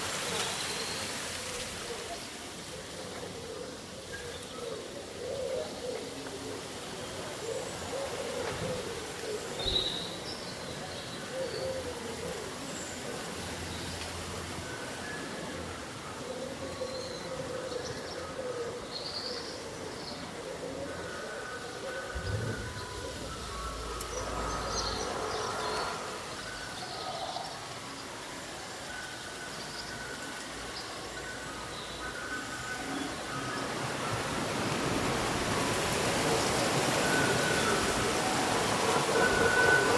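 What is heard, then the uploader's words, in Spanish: Wind moves steadily through rustling leaves on a summer day, a dense, even hiss that swells louder over the last few seconds. Short, thin bird chirps come through now and then, and a low rumble sits underneath throughout. Un bosque bañado por el sol.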